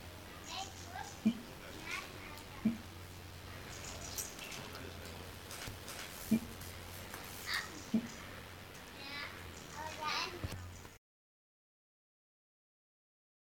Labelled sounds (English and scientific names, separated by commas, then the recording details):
Siamang (Symphalangus syndactylus)
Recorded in captivity
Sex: diverse
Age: diverse
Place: Zoopark Erfurt, Thüringen, DE
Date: 1984-08-30 11:04
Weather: bedeckt, 18°C
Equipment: Nagra SN, Kopie Uher 4000 Report Monitor
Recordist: Tembrock, Günter
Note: Kurzlaute des Weibchen mit Jungtier